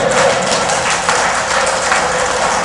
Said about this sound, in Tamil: பாத்தீங்களா, பாதிக்கப்பட்ட ஆம்பளைங்க எல்லாம் கை தட்டுறாங்க பாத்தீங்களா?